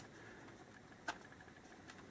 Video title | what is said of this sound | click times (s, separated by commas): LBLA Folding Camera Drone Review & Unboxing | got a nice positive stop for the arms nice | 1.1 s